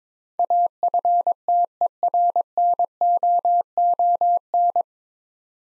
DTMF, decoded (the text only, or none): none